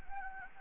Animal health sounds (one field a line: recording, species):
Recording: mosquito wingbeat signal from an infrared sensor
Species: Anopheles gambiae